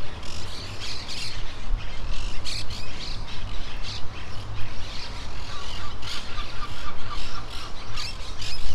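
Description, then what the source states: Monk parakeet squawks, rasping and scratchy, overlapping from several birds in quick irregular bursts, with a constant low roar underneath. In trees near the coast of Playa Ancha.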